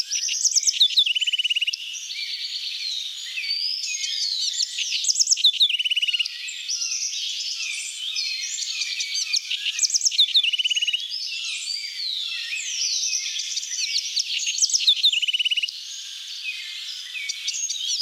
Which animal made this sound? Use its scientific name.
Troglodytes aedon